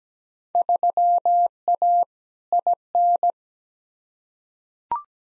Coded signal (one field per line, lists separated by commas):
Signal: Morse code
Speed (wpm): 17 wpm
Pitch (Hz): 700 Hz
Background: none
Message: 3A IN